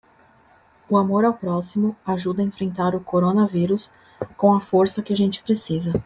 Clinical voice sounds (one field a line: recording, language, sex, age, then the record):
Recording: spoken sentence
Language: Brazilian Portuguese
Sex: female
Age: 30 to 39 years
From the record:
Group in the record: control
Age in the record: 33 years